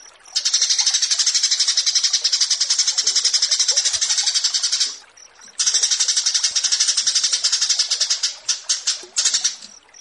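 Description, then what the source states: Horsfield's bush lark giving a continuous high, rasping, fast-pulsed song in two long stretches with a short pause between them. Bird-keeping song tutoring recording (masteran) of a Javan bush lark, presented alongside another bird in a versus format.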